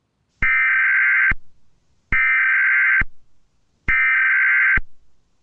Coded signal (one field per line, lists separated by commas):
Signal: Emergency Alert System (SAME) tones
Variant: header bursts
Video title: Eas Scenario - Deedo Invasion 2